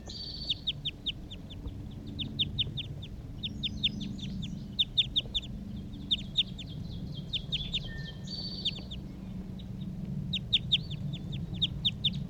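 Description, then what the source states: Crossbill calls: sharp, high kip notes repeated in quick bursts throughout, with one brief thin whistle, over a steady low rumble. Male in a treetop.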